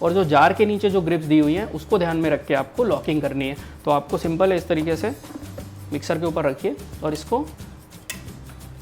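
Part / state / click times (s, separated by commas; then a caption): grinder jar into mixer grinder base coupling / seated / 8.1 s. A grinder jar of a Cello Heavy Duty 550W 3-jar mixer grinder is placed on the base with its grips aligned to the grooves and turned clockwise until it seats and locks, with a sharp click at 8.1 s. Someone talks over background music throughout the clip.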